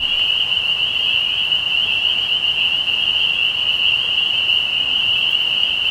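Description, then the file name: Spring peeper chorus: many high, piercing peeps merging into an unbroken, even ringing tone throughout. Recorded 15 May 2020. "peepers-20200515"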